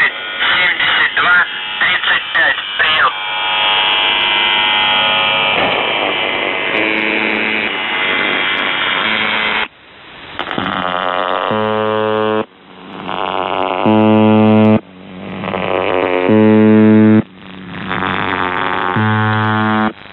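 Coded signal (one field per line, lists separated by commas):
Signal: channel marker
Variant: UVB-76 (The Buzzer)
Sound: muffled radio voice and noise, then four rasping low buzzes separated by short gaps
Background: radio static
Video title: The Buzzer/UVB-76(4625Khz) April 13th, 2023 Voice messages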